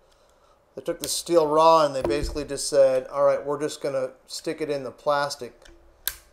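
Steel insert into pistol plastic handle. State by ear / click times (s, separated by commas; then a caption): seated / 6.1 s. Someone talks while a steel part is pushed into a pistol's plastic handle during magazine and spring work. A single loud, sharp click at 6.1 s marks the steel insert snapping into place in the plastic grip, followed by a faint tick at 6.3 s.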